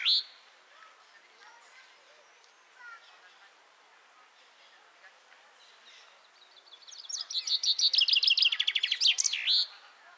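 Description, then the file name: Common chaffinch singing one complete phrase late, a brisk series of high chipping notes speeding into a trill and closing with a flourished ending, with faint background birds earlier. "Fringilla coelebs"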